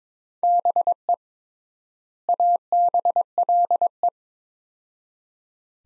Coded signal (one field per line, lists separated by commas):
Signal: Morse code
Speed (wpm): 22 wpm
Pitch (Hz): 700 Hz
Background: none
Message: BE ABLE